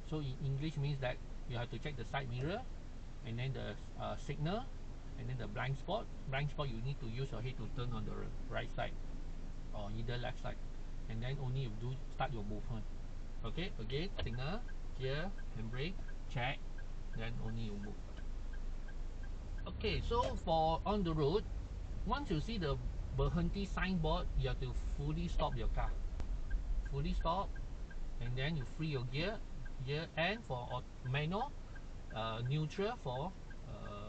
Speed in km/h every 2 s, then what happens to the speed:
0, 0, 0, 0, 0, 0, 0, 0, 0, 0, 7, 8, 6, 1, 1, 0, 0.
0-18 standing. 18-22 pulls away to 8. 22-26 slows to 1. 26-34 standing.